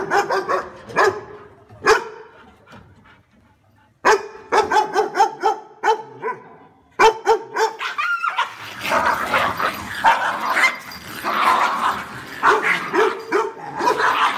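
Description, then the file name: Dog barking in rapid volleys; later the barks blur into a dense, continuous noisy clamour. "Tieng cho sua"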